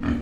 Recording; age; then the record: pig call; growing-finishing pig (85 days or more)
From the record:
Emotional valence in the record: negative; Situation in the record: barren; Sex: female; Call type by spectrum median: low-frequency call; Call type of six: low-frequency modulated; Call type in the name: low-frequency stable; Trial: 1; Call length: 0.22 s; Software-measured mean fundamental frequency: 44 Hz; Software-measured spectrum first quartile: 151 Hz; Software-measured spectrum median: 260 Hz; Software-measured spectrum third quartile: 516 Hz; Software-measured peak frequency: 251 Hz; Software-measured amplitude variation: 136 dB a second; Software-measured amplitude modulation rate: 24.5 a second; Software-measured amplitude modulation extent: 5.5 dB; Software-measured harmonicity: 1.4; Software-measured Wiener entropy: -0.73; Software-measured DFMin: 708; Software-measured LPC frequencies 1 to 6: 275, 1240, 1753, 2403, 3113, 4123 Hz